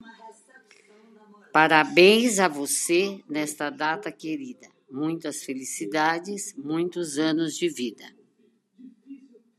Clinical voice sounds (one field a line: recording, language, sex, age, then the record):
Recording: short text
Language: Brazilian Portuguese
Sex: female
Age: 70 to 79 years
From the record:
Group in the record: control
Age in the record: 71 years